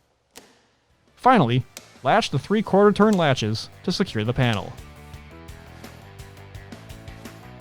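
The plastic side body panel of a 2021+ 650 Indy VR1 snowmobile is refitted into the chassis/console tabs: the upper tab goes in first, then the panel is rotated until the lower tab hooks in. A single sharp tick sounds at 0.4 s as the lower tab engages and the panel seats. Someone then talks over background music.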